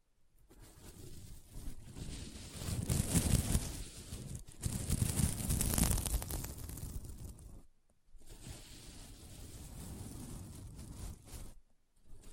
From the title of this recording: SequinMermaid Pillow Scratching Sounds